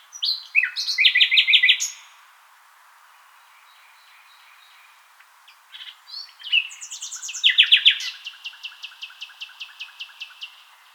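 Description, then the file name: Common nightingale song: a dense rattling trill, a long pause, then more rattles followed by a series of softer repeated notes. "Luscinia megarhynchos"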